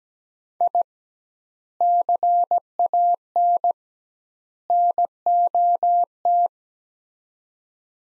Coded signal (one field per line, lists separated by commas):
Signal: Morse code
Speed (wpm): 17 wpm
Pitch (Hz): 700 Hz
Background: none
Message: I CAN NOT